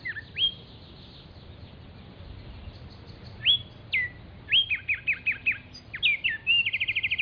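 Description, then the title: Black-striped sparrow giving scattered whistled notes that build into quick chipped series and end on a rapid buzzy trill. Nominate subspecies Arremonops conirostris conirostris. "LuckyPassaro Completos2Sama. Black-striped Sparrow"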